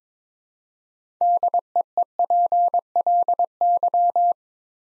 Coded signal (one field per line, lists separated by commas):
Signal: Morse code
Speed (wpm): 21 wpm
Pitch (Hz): 700 Hz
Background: none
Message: DEEPLY